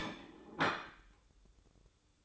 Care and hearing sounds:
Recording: daily activity, microphone in the room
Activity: place plate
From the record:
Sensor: 3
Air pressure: 1007.4 hPa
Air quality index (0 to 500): 50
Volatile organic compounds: 1 ppm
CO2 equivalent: 579 ppm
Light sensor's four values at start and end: 8/20/8/8 and 8/20/8/8

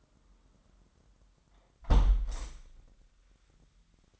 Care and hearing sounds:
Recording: daily activity, microphone in the room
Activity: close window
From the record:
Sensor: 3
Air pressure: 998.6 hPa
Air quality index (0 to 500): 152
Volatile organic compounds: 6 ppm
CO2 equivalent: 1838 ppm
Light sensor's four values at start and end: 11/27/11/12 and 11/27/11/12

